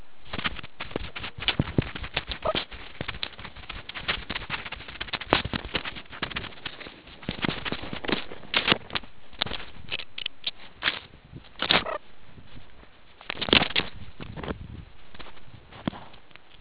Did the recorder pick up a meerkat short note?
no